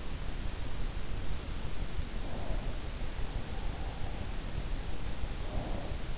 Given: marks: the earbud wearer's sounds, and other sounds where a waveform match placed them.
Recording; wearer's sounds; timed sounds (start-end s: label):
sounds in sleep by an in-ear microphone; breath
2.38-2.80 s: breath
5.42-5.94 s: breath